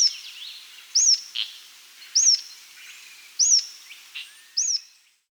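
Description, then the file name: Rough-legged Tyrannulet giving a series of high, sharp whistled notes, each rising then falling, repeated about every 1.2 seconds with fainter chips between them. Andean bird recorded in South America. "Rough-Legged Tyrannulet (Phyllomyias Burmeisteri)"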